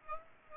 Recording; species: mosquito wingbeat signal from an infrared sensor; Aedes aegypti